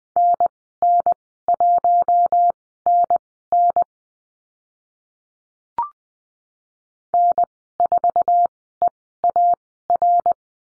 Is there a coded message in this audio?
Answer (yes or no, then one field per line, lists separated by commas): yes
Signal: Morse code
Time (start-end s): 0.2-10.3 s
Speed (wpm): 20 wpm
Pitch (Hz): 700 Hz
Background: none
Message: NN1NN N4EAR